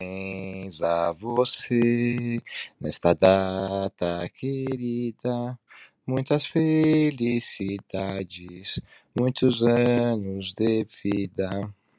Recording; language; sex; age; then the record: short text; Brazilian Portuguese; male; 50 to 59 years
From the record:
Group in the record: control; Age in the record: 52 years